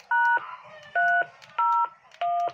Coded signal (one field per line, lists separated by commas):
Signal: DTMF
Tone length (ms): 370 ms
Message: #30